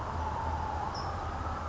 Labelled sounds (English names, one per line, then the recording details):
California Towhee
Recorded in Sonoma County, California